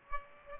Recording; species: mosquito wingbeat signal from an infrared sensor; Aedes aegypti